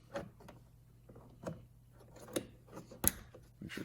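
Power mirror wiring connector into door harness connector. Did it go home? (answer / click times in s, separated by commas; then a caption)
yes / 3.1 s. A plastic wiring connector for a power mirror is plugged back into its mating harness connector inside the door of a 2007–2014 Chrysler 200, Sebring or Avenger; it only fits one way. Soft handling taps and rustles lead up to a sharp, loud click at 3.1 s as the connector seats.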